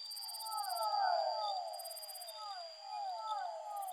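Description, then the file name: Fischer's dwarf frog calls, sliding falling notes in a quick run, then fainter repeats, with a thin steady tone and intermittent high pulsed buzzing. Soundscape composition built from amphibian vocalizations. "soundscape with amphibian vocalizations of physalaemus fischeri"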